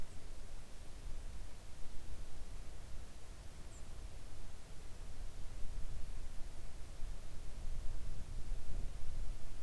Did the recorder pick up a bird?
no